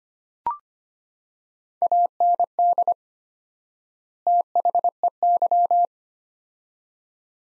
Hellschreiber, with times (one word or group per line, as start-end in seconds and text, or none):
none